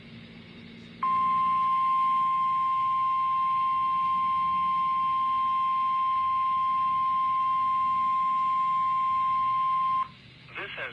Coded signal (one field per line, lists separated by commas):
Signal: Emergency Alert System (SAME) tones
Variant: 1050 Hz attention tone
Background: speech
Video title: Required Weekly Test - EAS #36